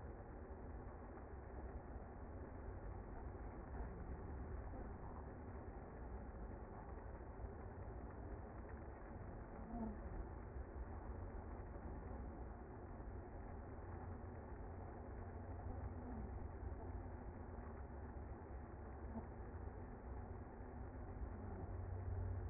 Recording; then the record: honeybee colony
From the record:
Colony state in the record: active